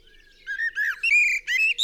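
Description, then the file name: Common blackbird: a brief stretch of mellow, fluted whistled notes, rising and falling, from inside one song phrase. "Turdus merula"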